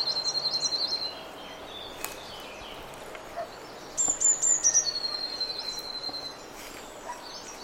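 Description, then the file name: Eurasian blue tit song: the tail of a trill at the start, then a phrase of high notes running into a rapid, lower trill. "Cyanistes caeruleus"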